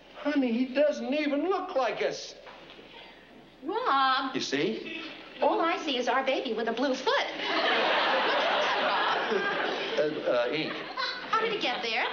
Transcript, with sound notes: Honey, he doesn't even look like us.
Rob.
You see.
All I see is our baby with a blue foot. (LAUGHTER) Rob.
Ink.
How did it get there?